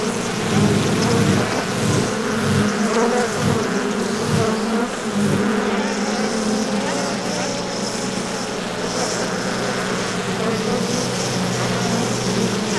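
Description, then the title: Honey bees buzzing in a dense, steady drone from a busy hive, with a low hum underneath and brief louder pulses in the first seconds. Active hive of angry bees. "Efeitos 2ba. Bees, Active Hive Of Angry Insects"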